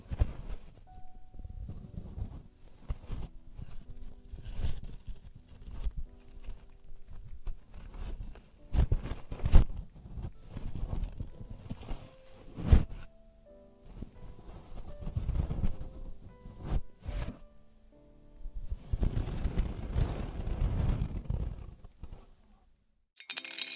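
Traditional Chinese ear cleaning and earwax removal, heard as a run of soft scraping, rubbing and crackling touches that come in uneven bursts throughout. Sharp clicks punctuate the low rustling, a dense crackly stretch builds around twenty seconds, and a bright hiss cuts in at the very end.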